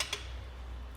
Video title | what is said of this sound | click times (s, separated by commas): etrailer - Setting up the RockyMounts MonoRail Bike Rack for 2 Bikes on a 2022 BMW X7 | just simply push up until we hear that click | 0.0 s